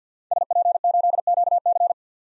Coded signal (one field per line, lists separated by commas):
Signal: Morse code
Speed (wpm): 50 wpm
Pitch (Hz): 700 Hz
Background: none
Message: SP8QC